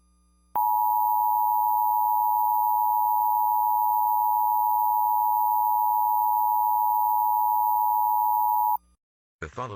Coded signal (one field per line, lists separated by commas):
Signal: Emergency Alert System (SAME) tones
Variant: 853 and 960 Hz attention tone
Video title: [THIS IS SCARY AS FREAK] Leni Loud Reacting To: EAS Scenario: The Grieving (Pt. 1)